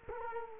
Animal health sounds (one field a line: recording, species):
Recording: mosquito wingbeat signal from an infrared sensor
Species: Culex quinquefasciatus